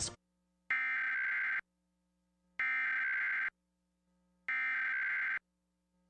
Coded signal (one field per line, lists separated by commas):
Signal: Emergency Alert System (SAME) tones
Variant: header bursts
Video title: 2023 EAS NATIONAL PERIODIC TEST - October 4th, 2023 (High Quality, WGN-TV)